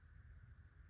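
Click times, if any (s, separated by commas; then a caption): none. An electronics chassis is lined up with the notches in the crystal chamber and wiggled into a metal lightsaber hilt. A steady low rumble and a faint mid-high hum continue with no distinct transients. Nothing has seated or clicked yet.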